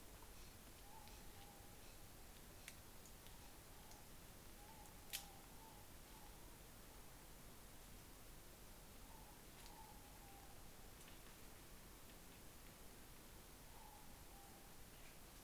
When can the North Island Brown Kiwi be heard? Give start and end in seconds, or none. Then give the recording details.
none. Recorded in New Zealand on 17 November 2013. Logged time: 03:42. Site BS16